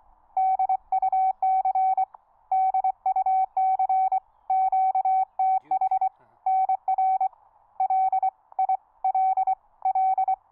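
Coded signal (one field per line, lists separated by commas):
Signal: Morse code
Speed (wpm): 24 wpm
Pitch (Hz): 760 Hz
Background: none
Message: DUC DUC QTH NR LILL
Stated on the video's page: QRP contacts on 30m at 2 W from an ME-30 (SW+30) rig with a 17 ft QRP Guys Tri-Band vertical, operated outdoors.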